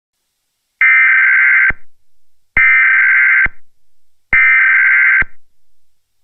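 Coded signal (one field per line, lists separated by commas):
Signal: Emergency Alert System (SAME) tones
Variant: header bursts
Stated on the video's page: EAS SAME tones in an old unfinished fictional scenario, simulated.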